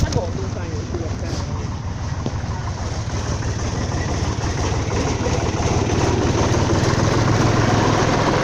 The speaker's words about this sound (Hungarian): Várjál, egy autó.